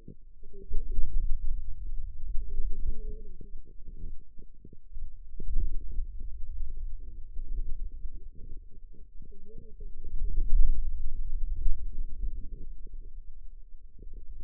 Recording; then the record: forearm muscle sounds (acoustic myography)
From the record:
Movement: hand closing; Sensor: system 2, bracelet of six BSWA MPA416 microphones around the upper forearm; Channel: 2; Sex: female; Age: 21 years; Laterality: right